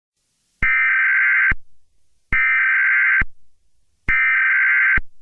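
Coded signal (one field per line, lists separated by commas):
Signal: Emergency Alert System (SAME) tones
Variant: header bursts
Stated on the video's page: Fictional EAS scenario; simulated alert, not a real broadcast.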